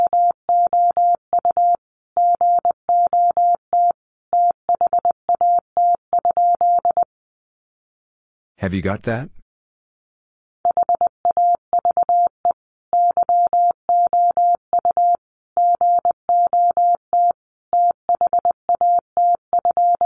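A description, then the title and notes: A steady mid-pitched tone beeps out Morse code in quick runs of short and long pulses, grouped with brief gaps between words. Around eight to nine seconds the beeping stops and a short burst of rough, hissy noise is heard before the code resumes. Sentences from Top 300 Words 20wpm. First, the words are sent in Morse code.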